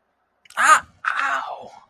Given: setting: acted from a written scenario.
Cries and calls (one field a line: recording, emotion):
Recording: vocal sound without words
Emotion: pain